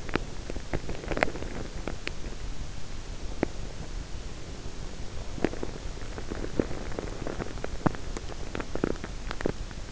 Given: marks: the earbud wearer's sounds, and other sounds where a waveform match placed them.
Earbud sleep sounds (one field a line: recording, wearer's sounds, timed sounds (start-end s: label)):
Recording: sounds in sleep by an in-ear microphone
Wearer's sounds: teeth grinding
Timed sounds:
0.00-2.33 s: teeth grinding
3.22-3.62 s: teeth grinding
5.21-5.85 s: teeth grinding
6.24-7.41 s: teeth grinding
7.61-8.45 s: teeth grinding
8.62-9.57 s: teeth grinding